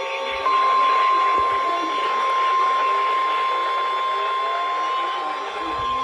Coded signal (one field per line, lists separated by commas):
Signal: Emergency Alert System (SAME) tones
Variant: 1050 Hz attention tone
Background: speech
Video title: Severe Thunderstorm Warning (EAS#441/443)